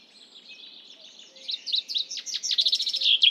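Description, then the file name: Common chaffinch singing, faint high twittering at first, then a loud run of rapid descending trilled notes ending in a brief sharp flourish. "Fringilla coelebs"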